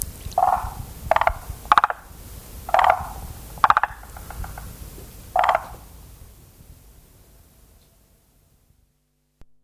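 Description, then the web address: Forest green tree frog producing a series of pulsed croaks for about six seconds, then falling silent with only faint background remaining. "sikioto. moriaogaeru"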